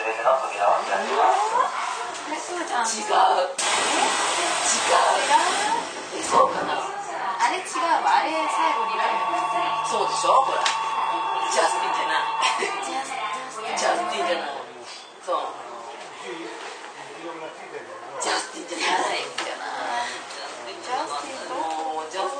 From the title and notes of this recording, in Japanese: 京王9000系 高尾山口〜つつじヶ丘。快速つつじヶ丘行を録音。